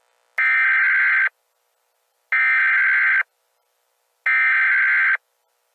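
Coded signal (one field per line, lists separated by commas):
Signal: Emergency Alert System (SAME) tones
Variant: header bursts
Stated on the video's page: Mock EAS tornado scenario.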